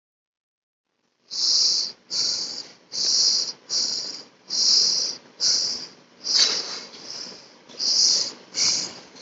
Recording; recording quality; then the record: shallow breathing; moderate, slight background noise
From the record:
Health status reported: healthy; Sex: male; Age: 29 years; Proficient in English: yes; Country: India